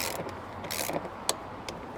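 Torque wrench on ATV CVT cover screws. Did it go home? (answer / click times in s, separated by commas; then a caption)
yes / 1.3 s. A torque wrench set to 7 Nm tightens the screws on an ATV's CVT cover, with quiet ratcheting and a few faint ticks. The wrench gives a sharp click at 1.3 s as it reaches the setting.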